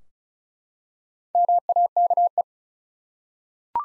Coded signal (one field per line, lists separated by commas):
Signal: Morse code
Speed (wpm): 36 wpm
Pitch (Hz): 700 Hz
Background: none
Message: MAKE